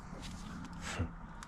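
A part is being handled and fitted onto an epoxy syringe, with soft shuffling and rustling over a steady low hum and a couple of brief ticks near the end. The clip ends just before the part goes home, so nothing has seated or clicked yet.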